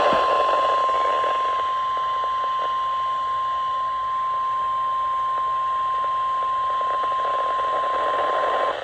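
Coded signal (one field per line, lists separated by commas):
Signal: Emergency Alert System (SAME) tones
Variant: 1050 Hz attention tone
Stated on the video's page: Severe thunderstorm watch received from NOAA weather radio transmitter.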